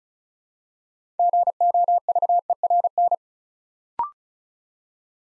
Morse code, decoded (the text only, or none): GOVERN